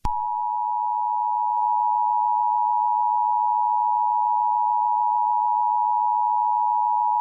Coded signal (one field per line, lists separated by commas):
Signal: Emergency Alert System (SAME) tones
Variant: 853 and 960 Hz attention tone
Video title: The G11 Taskforce Cannon Event | Mini EAS Scenario